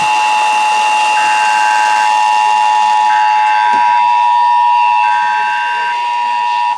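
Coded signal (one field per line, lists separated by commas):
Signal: Emergency Alert System (SAME) tones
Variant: 853 and 960 Hz attention tone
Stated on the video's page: Pennsylvania statewide required monthly test relayed by FM, AM and TV broadcast stations and an EASyCAST relay.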